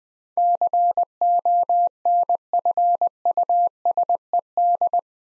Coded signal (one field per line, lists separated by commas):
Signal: Morse code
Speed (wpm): 21 wpm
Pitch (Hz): 700 Hz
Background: none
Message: CONFUSED